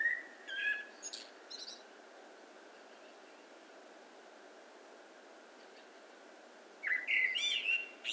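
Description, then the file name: Eurasian blackbird song: a short whistle and high twitters, several seconds of quiet, then another warbled whistle ending in thin squeaks. "Turdus merula"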